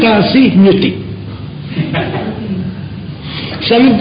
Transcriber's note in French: rires du public